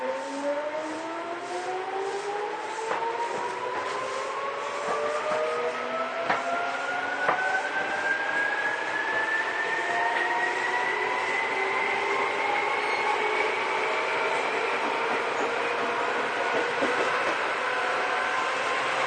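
A Seibu old 2000 series train running between Seibu-Shinjuku and Hon-Kawagoe. The motor whine climbs steadily in pitch throughout as the train gathers speed, several tones rising together over a constant rumble, with sharp rail clicks scattered through the first half.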